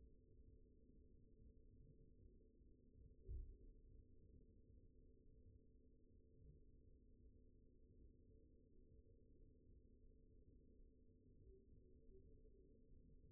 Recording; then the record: forearm muscle sounds (acoustic myography)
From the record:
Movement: pen grasping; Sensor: system 2, bracelet of six BSWA MPA416 microphones around the upper forearm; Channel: 6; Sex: male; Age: 22 years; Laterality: right